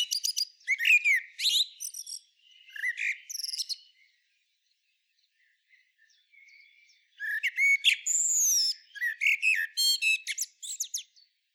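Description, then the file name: Common blackbird singing two main phrases, fluty notes followed by thin squeaky twittering, with a long quiet stretch between them and faint thin calls. "Turdus merula"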